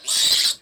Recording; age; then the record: pig call; piglet (1 to 25 days)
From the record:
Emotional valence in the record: negative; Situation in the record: castration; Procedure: castration, cut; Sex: male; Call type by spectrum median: high-frequency call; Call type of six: high-frequency modulated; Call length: 0.62 s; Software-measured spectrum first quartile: 3994 Hz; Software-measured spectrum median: 4977 Hz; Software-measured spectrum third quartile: 7454 Hz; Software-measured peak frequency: 3851 Hz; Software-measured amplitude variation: 150 dB a second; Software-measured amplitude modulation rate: 17.0 a second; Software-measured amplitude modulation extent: 8.8 dB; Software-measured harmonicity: 2.6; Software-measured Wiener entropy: -1.93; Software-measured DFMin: 1353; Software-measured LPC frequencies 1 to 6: 1168, 1952, 3946, 4659, 5360, 7455 Hz